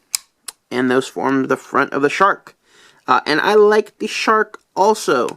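Two plastic front halves of the shark mecha from a 2016 Zyuohger DX Zyuoh King toy are pressed together during its transformation, giving two sharp snaps at about 0.2 s and 0.5 s. The halves seat together to form the shark's front, and someone talks throughout.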